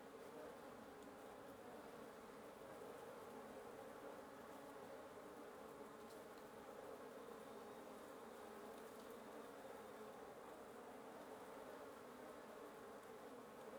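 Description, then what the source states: Wasps in a nest humming steadily, a thick continuous buzz that neither rises nor falls. Wasp nest under the roof of the recordist's residence at 1a Avenida Norte 19, Antigua Guatemala, Guatemala; recorded in the morning.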